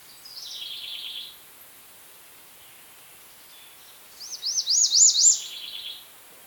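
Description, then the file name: American redstart singing two high, sibilant phrases of rapid looping notes that end on lower notes, separated by a few seconds of quiet. "Setophaga ruticilla - American Redstart"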